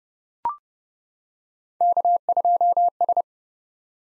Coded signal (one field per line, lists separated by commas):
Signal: Morse code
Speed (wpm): 30 wpm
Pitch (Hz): 700 Hz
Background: none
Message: K2S